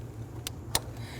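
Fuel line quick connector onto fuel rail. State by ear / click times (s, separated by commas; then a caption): seated / 0.5 s, 0.8 s. On a 1999–2004 Jeep Grand Cherokee 4.7L V8, a fuel line quick-connector is lined up and pushed onto the fuel rail fitting. Two sharp snaps at 0.5 s and 0.8 s stand out over a low, steady background hum. The connector is seated.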